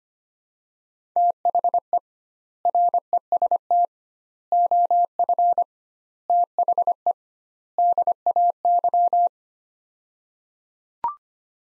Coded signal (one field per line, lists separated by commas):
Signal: Morse code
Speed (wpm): 25 wpm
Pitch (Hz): 700 Hz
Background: none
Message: THE REST OF THE DAY